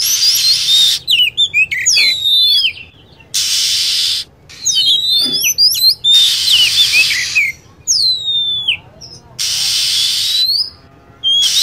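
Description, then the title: Lovebird chatter: dense, shrill, twisting chirps and falling whistles, separated by regular spells of loud hiss. Lure sound used for attracting lovebirds. "PIKAT BURUNG LOVEBIRD"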